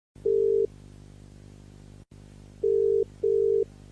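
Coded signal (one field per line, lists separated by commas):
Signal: none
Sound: music intro beeps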